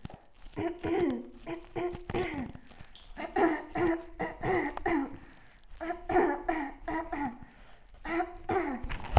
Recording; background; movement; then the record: throat clearing; quiet; sitting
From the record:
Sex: female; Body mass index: 18.8 kg/m2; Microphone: on the chest, facing outward